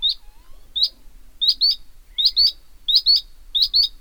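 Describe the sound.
Bluethroat giving sharp high clicking notes, mostly in doubled pairs, repeated at a steady pace.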